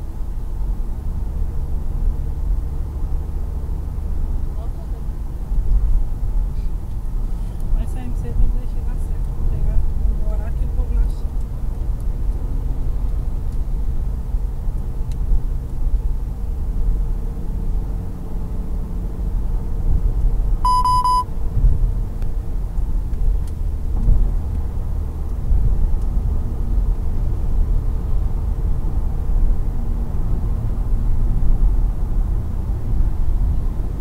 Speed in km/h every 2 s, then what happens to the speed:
85, 85, 84, 83, 83, 83, 83, 82, 83, 84, 87, 89, 93, 97, 100, 101, 93.
0-15 steady at about 83. 15-29 speeds up to 101. 29-34 slows to 93.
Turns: none.